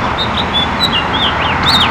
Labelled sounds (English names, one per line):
House Finch song